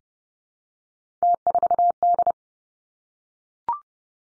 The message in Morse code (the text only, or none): T4D